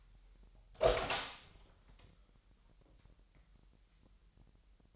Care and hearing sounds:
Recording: daily activity, microphone in the room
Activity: open door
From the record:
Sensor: 3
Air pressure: 998.3 hPa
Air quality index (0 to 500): 146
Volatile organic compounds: 5 ppm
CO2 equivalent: 1740 ppm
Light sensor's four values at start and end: 15/44/18/17 and 15/44/18/17

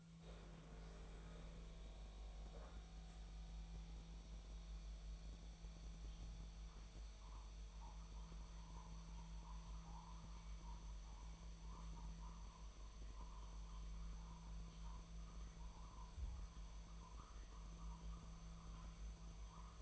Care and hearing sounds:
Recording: daily activity, microphone in the room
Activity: make coffee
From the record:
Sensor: 1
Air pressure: 1009.3 hPa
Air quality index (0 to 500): 195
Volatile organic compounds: 19 ppm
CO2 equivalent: 2671 ppm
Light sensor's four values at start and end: 29/74/30/36 and 29/73/30/36

